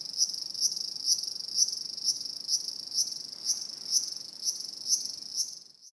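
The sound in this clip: Cicada song: a high, shrill continuous buzz that swells in short pulses roughly twice a second, fading out at the end.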